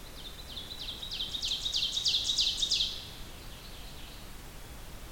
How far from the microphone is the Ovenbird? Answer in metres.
about 25 m